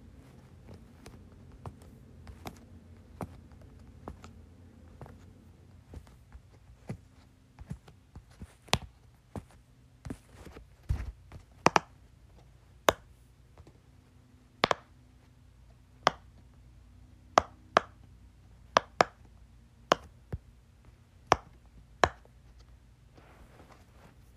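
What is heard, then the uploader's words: Someone plays with a Pop-It, pressing out sharp, bright pops one at a time at an uneven pace, sometimes in quick pairs. The pops grow louder and more spaced in the second half, with a low steady hum running underneath throughout. ASMR Playing with my Pop-It.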